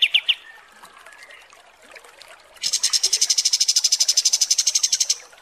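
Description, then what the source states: Kapas tembak song: three quick notes, a quiet pause, then a long steady high rattling trill lasting over two seconds. Masteran (tutor recording for training cage birds) of kapas tembak song, described as 'mewah' (luxurious).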